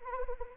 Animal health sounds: mosquito wingbeat signal from an infrared sensor; Anopheles arabiensis

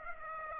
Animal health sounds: mosquito wingbeat signal from an infrared sensor; Aedes aegypti

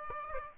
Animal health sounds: mosquito wingbeat signal from an infrared sensor; Aedes aegypti

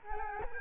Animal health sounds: mosquito wingbeat signal from an infrared sensor; Culex quinquefasciatus

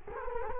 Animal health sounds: mosquito wingbeat signal from an infrared sensor; Culex quinquefasciatus

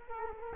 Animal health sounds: mosquito wingbeat signal from an infrared sensor; Culex quinquefasciatus

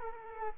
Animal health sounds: mosquito wingbeat signal from an infrared sensor; Culex quinquefasciatus

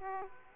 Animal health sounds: mosquito wingbeat signal from an infrared sensor; Aedes aegypti

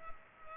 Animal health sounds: mosquito wingbeat signal from an infrared sensor; Culex pipiens

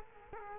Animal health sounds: mosquito wingbeat signal from an infrared sensor; Culex quinquefasciatus

